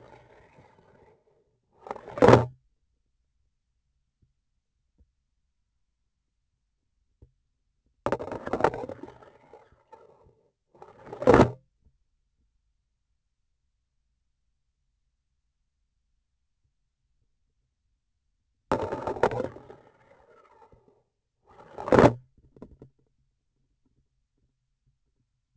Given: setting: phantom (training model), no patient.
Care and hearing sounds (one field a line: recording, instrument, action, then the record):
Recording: laparoscopic instrument, vibration sensor on the handle end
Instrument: grasping forceps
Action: insertion and removal through the trocar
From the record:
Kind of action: spatial motion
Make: other than Olympus